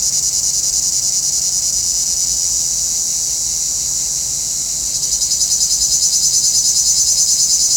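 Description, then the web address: Cicada buzzing, a steady shrill hiss for several seconds, then pulsing rhythmically toward the end. "Nature Sounds – Nature Chill Out 2014. Sounds from a Rnewood Cicadas"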